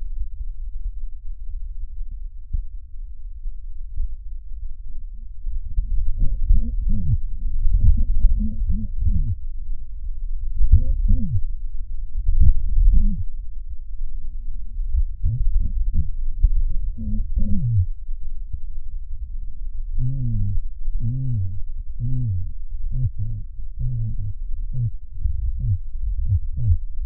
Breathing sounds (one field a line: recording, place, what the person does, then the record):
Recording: lung sounds by stethoscope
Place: right posterior basal chest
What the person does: quiet breathing, then cough and speech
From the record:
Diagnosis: pulmonary infection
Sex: male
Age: 86 years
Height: 165 cm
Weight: 65 kg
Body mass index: 23.9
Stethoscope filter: bell mode